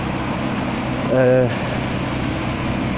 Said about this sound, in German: Ja, muss hier gleich mal einen Umweg machen, denn dort ist ein Laubbläser. Da sind sogar 2 Laubbläser unterwegs. Und ich glaube, das sind diese Art von Laubbläser.